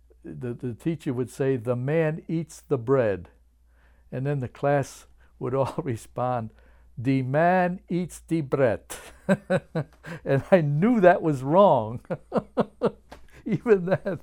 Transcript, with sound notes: The, the teacher would say, "The man eats the bread." And then the class would all respond, "Dee man eats dee brett." (he laughs) And I knew that was wrong even that.